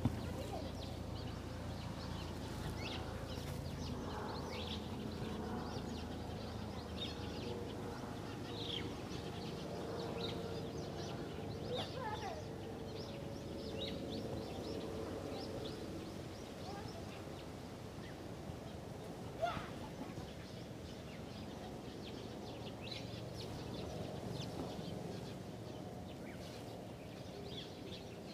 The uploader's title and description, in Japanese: 公園、鳥がいっぱい。公園にある大きな木にいろんな種類の鳥が集まっていました。